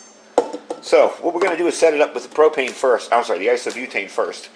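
A cooking pot is lined up so the channels on the pot meet the divots on the side of the Camp Chef Stryker 200 multi-fuel backpacking stove base, then turned so it twist-locks into place. A sharp click is heard at 0.4 s as the pot seats, followed by someone talking.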